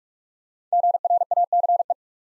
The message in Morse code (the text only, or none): GRACE